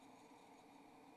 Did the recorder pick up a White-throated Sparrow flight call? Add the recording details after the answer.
no. No flight call is heard. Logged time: 02:15 on 28 November 2014